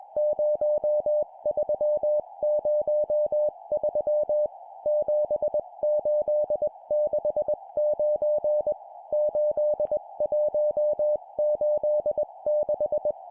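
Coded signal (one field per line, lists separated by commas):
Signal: Morse code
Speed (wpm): 21 wpm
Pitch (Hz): 600 Hz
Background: music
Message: 0303 7869 8186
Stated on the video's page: Morse code practice at 20 wpm: four-character groups of numbers.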